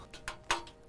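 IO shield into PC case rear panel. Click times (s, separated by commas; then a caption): 0.1 s, 0.3 s, 0.5 s. A metal IO shield is pushed from the inside into the rear cutout of a PC case, oriented with its three dots on the bottom. Sharp clicks are heard at 0.1, 0.3 and 0.5 seconds, the last being the loudest, and the shield is seated in the panel.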